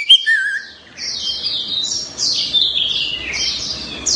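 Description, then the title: Orange-headed thrush delivering a rapid, run-on warble of chattering high phrases, opening with a short clear whistle. "Anis Merah1"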